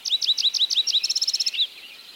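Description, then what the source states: Yellow-eyed Junco singing a quick series of clipped, slurred double notes that breaks into a rapid high trill and closes on a single falling note, over soft hiss. Altitudinal migrant; some nest on the ground at higher elevations in warm summer months and move down to the desert floor as winter approaches.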